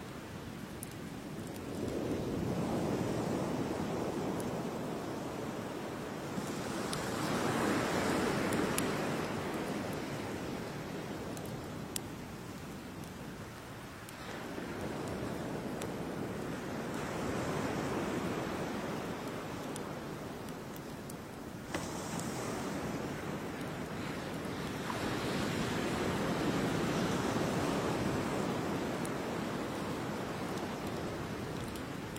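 Waves wash onto a beach in a slow, regular cycle, each swell building into a deep rushing roar and then easing back, about every six to eight seconds. The surf has a steady low wash between breakers and occasional faint crackles.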